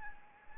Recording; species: mosquito wingbeat signal from an infrared sensor; Anopheles gambiae